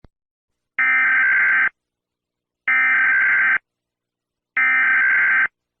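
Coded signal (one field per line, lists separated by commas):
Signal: Emergency Alert System (SAME) tones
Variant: header bursts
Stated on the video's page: Fictional EAS scenario made for fun, not a real alert.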